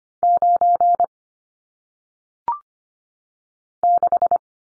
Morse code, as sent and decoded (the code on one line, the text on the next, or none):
----. / -....
9 6